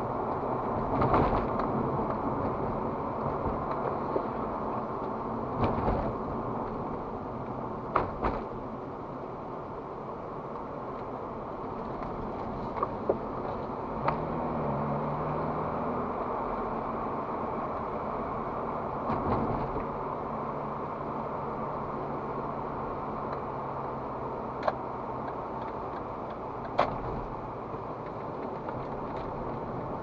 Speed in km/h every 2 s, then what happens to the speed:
51, 50, 44, 36, 35, 38, 42, 46, 56, 51, 50, 48, 43, 40, 42.
0-7 slows to 35. 7-16 speeds up to 56. 16-26 slows to 40.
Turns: 9-15, 25-30.